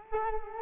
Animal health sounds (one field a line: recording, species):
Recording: mosquito wingbeat signal from an infrared sensor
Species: Culex quinquefasciatus